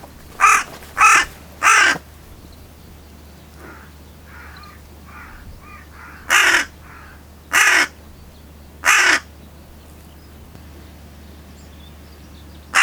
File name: Corvus corone